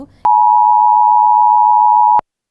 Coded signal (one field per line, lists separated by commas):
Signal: Emergency Alert System (SAME) tones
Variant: 853 and 960 Hz attention tone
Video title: "Extremely Severe Alert" On Your Phone? Here's What It Is | Explainer Video